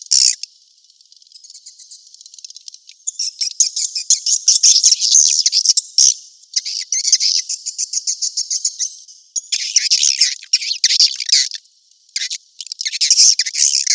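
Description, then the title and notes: Swiftlet twittering, a brief chirp, then a long shimmering high chatter that swells and pauses, ending in loud chirp bursts. Sound used in swiftlet farming in Asia to attract birds. "Swiflet Bird Sound. Farming Swiflet Bird asia sound"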